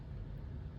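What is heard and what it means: A plastic gauge needle is being handled onto the metal stepper-motor stem of a 2005-2010 Scion tC instrument cluster during an LED conversion, to be pressed on a millimeter or two. Only steady low rumbling is heard, with no distinct click or transient. Nothing has seated or clicked yet.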